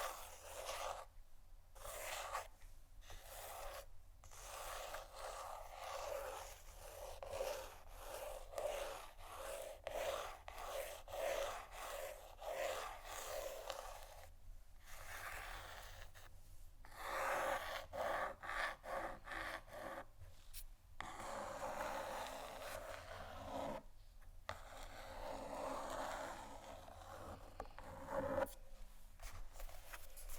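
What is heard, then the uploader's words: Fingernails scratch and rasp over canisters in a dense, bright, nearly continuous stream, with quick repeated strokes giving it a rough, scraping grain. Brief pauses break it up every few seconds, and a faint steady low hum sits underneath throughout. ASMR Scratching & Tapping On Canisters（No Talking）.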